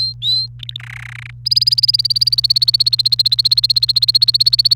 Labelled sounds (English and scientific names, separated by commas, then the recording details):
Domestic Canary (Serinus canaria) song
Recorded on 29 April 2018 at 12:51
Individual llb3